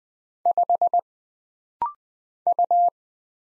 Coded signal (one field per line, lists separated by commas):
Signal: Morse code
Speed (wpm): 20 wpm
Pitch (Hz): 700 Hz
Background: none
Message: 5 U